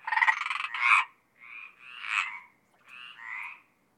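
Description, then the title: Mediterranean tree frog croaks: a loud, pulsed rasping burst followed by a few softer, drawn-out croaks. Several Mediterranean tree frogs calling at Apt, Vaucluse, in June 2010. "Sylvain Jaskowiak - Animus. Rainettes méridionales - Apt, Vaucluse - juin 2010"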